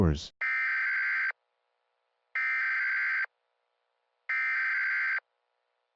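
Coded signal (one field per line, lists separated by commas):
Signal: Emergency Alert System (SAME) tones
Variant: header bursts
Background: speech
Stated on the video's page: EAS mock with simulated SAME tones.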